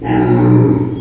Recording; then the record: squeal of a Yucatan mini pig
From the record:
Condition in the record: before surgery on the right vocal fold (resection and tissue-engineered implant); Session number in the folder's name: 1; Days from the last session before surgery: -21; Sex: female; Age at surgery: 19 weeks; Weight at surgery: 25 kg